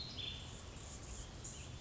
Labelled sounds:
Anna's Hummingbird (Calypte anna)
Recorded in Sonoma County, California

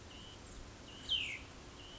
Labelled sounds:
Cassin's Vireo (Vireo cassinii)
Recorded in Sonoma County, California

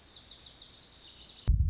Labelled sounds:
Lazuli Bunting (Passerina amoena)
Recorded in Sonoma County, California

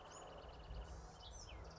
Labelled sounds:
Bewick's Wren (Thryomanes bewickii)
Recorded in Sonoma County, California

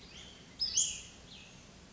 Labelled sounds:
Cassin's Vireo (Vireo cassinii)
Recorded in Sonoma County, California

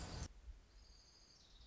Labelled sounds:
Orange-crowned Warbler (Leiothlypis celata)
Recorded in Sonoma County, California

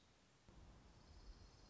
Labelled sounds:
Orange-crowned Warbler (Leiothlypis celata)
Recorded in Sonoma County, California

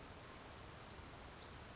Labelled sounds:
Western Flycatcher (Empidonax difficilis)
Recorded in Sonoma County, California

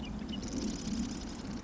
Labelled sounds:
Marsh Wren (Cistothorus palustris)
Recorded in Sonoma County, California

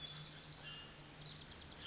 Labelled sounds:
Pacific Wren (Troglodytes pacificus)
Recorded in Sonoma County, California

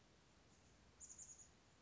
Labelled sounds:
Chestnut-backed Chickadee (Poecile rufescens)
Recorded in Sonoma County, California

